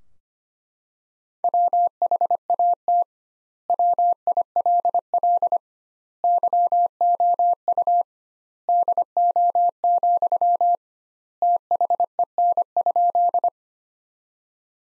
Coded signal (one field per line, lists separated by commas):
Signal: Morse code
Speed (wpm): 25 wpm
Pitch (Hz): 700 Hz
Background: none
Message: WHAT WILL YOU DO, THEN?